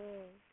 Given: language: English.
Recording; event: throat vibration sensor signal played as sound; speech